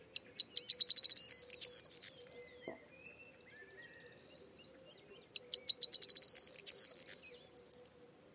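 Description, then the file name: Corn bunting singing two songs with a pause between, each a quickening series of ticks dissolving into a high, jingling, key-like rattle. "Zden k Vermouzek - Prosyanka Emberiza calandra"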